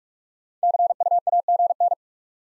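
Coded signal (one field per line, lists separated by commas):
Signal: Morse code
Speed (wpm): 41 wpm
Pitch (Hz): 700 Hz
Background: none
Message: CU AGN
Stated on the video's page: Top 20 QSO elements head-copy drill at 45 wpm: each sent in Morse, spoken, then sent again.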